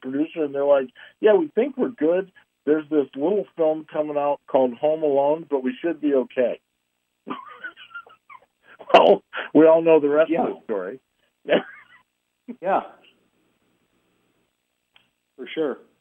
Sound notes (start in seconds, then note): 7.2 laughs; 11.5 laughs